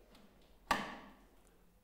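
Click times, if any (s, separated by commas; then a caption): 0.7 s. The crescent-shaped section of the locking mechanism on a Velux centre-pivot roof window sash is raised until it hooks into the ventilation bar. A single sharp, bright click sounds at 0.7 s, ringing briefly before fading into quiet room noise. The mechanism is engaged and seated on the vent bar.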